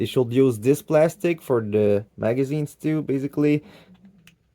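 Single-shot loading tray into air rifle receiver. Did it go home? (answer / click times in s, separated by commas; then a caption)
no / none. Someone talks while handling the factory plastic single-shot loading tray for a Beeman Chief II air rifle, about to insert it into the receiver. Faint, brief handling sounds follow near the end of the clip. Nothing has seated or clicked yet.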